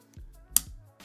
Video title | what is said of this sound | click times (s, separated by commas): Wisycom PHA-60 + MTP-60 - Wireless Boom Pole Combo | and then securely clicks into place and that's all there is to it | 0.6 s